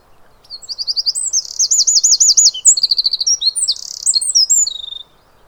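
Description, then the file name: Eurasian wren song: a loud, rapid, high-pitched outpouring of trills and sharp notes, running about four and a half seconds without pause, then stopping abruptly. "Troglodytes troglodytes"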